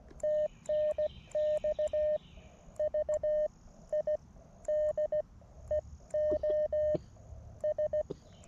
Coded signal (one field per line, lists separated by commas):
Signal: Morse code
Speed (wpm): 16 wpm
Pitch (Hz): 610 Hz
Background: none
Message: TNX VIDEOS